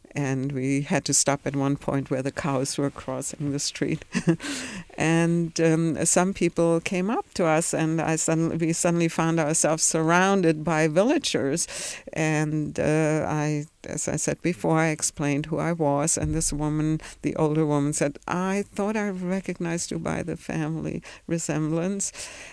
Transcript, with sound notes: And we had to stop at one point where the cows were crossing the street. (she laughs) And some people came up to us, and we suddenly found ourselves surrounded by villagers and I, as I said before I explained who I was and this woman, the older woman, said, "I thought I recognized you by the family resemblance."